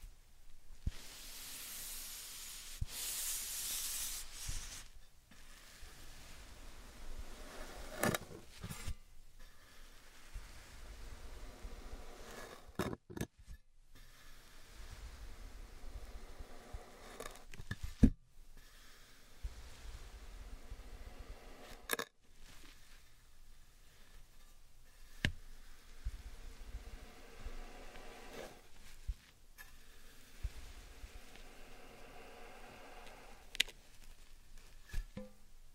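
Slime and sand being handled, with soft squishing and grainy crackle running throughout. A bright hissing rush sweeps in around the first few seconds, then quieter textured rubbing continues, broken by sharp clicks or taps every few seconds, notably near 13, 18, 22 and 35 seconds.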